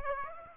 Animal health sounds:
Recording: mosquito wingbeat signal from an infrared sensor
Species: Aedes aegypti

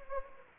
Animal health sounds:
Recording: mosquito wingbeat signal from an infrared sensor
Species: Anopheles gambiae

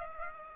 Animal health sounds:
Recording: mosquito wingbeat signal from an infrared sensor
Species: Aedes aegypti

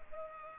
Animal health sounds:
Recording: mosquito wingbeat signal from an infrared sensor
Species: Culex pipiens

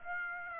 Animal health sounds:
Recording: mosquito wingbeat signal from an infrared sensor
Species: Aedes aegypti

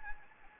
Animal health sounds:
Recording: mosquito wingbeat signal from an infrared sensor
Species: Anopheles gambiae

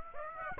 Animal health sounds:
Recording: mosquito wingbeat signal from an infrared sensor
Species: Aedes aegypti

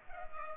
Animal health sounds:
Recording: mosquito wingbeat signal from an infrared sensor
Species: Culex pipiens

